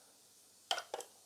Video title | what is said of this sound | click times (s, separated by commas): Upgrade Your Kitchen with the Artika LED Under Cabinet Light Kit | that will go on there and then just click into place so we're all ready to go there | 0.7 s